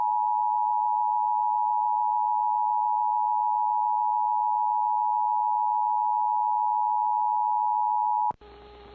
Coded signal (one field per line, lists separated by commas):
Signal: Emergency Alert System (SAME) tones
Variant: 853 and 960 Hz attention tone